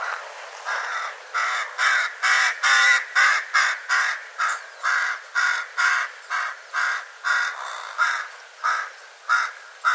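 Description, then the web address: Bird giving harsh, hoarse caws, crow-like, repeated roughly twice a second in an uneven series for ten seconds. "cianscape birddata"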